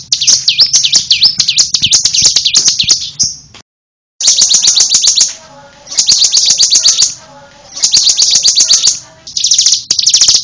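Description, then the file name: Prinia song: long run of rapid, warbled high notes that dip and rise, then repeated bursts of quick sharp chirps, with one brief silent gap. "ciblek alang alang"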